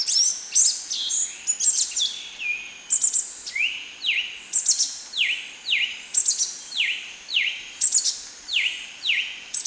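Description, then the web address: Ochre-breasted tanager calling a series of quick falling notes, about two each second, with sharp very high chips between. Ecuador. "Birds of Ecuador. Ochre-breasted Tanager"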